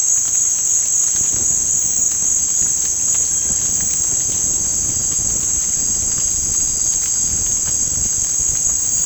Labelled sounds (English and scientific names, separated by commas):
none